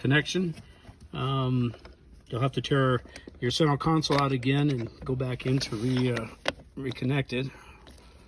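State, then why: Not seated. A shifter electrical connector on a Land Rover shifting tower is being handled toward its mating plug under the center console. Someone talks through most of the clip, with a brief faint tap near 7.9 seconds. Nothing has seated or clicked yet.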